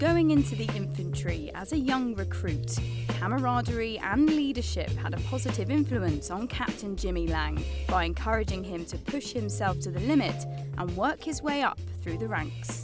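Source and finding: Adult male narrator. No speech disorder.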